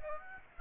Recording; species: mosquito wingbeat signal from an infrared sensor; Aedes aegypti